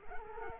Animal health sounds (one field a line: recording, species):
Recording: mosquito wingbeat signal from an infrared sensor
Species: Culex quinquefasciatus